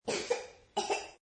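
Two short, dry cough bursts from a baby in just over a second, each a harsh noisy burst with a slightly tonal, high-pitched edge, of medium intensity and heard at a distance. A dry, non-productive infant cough.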